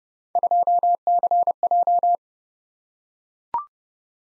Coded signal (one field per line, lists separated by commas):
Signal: Morse code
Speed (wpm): 29 wpm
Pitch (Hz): 700 Hz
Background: none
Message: 2CJ